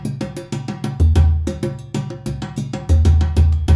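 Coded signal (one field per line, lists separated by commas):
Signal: none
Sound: drum rehearsal track sounds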